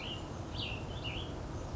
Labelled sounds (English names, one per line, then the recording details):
Cassin's Vireo
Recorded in Sonoma County, California